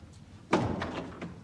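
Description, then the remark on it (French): A door is pulled open with a sudden heavy clunk, followed by a few softer knocks and rattles as it swings, in a 1982 recording of Achard's play Jean de la Lune. No voices are heard. “Mais puisque tu ne me crois pas, ouvre la porte!”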